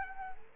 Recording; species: mosquito wingbeat signal from an infrared sensor; Culex quinquefasciatus